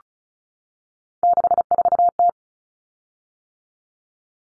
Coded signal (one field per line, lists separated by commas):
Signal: Morse code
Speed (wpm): 34 wpm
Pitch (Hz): 700 Hz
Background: none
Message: 64T